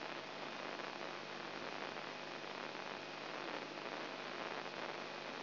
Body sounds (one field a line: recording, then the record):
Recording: brain microelectrode recording played as sound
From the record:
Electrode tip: inside the subthalamic nucleus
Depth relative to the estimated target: -3 mm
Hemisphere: right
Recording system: AlphaMap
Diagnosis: Parkinson's disease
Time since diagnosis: 9 years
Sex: male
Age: 58 years